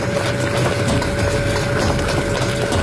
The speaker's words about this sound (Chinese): 把姜叶倒入锅中，在迅速翻炒之下，姜叶逐渐变为羹状。而伴随着手勺与铁锅的一次次撞击，锅中的颜色也由亮黄变为金黄。